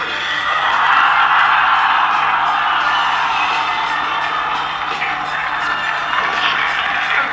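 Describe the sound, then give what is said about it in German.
A large crowd erupts in loud, sustained cheering and screaming at the result of the Zwentendorf nuclear power plant referendum, with over 50% voting against, a dense wall of voices with whoops and yells rising over it for several seconds. “Nein, das war ein Schrei durch die Menge.”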